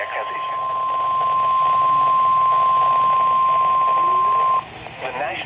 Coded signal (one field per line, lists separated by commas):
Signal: Emergency Alert System (SAME) tones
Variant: 1050 Hz attention tone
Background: speech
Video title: EAS ALERTS FROM 2023 - 'Michigan Mayhem'